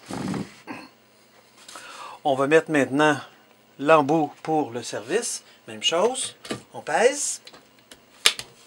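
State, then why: Seated. Someone talks as a serving tap coupler is pressed down onto the fitting of a 4-liter mini-keg. A loud, sharp click at 8.3 s is the coupler snapping into place and locking on.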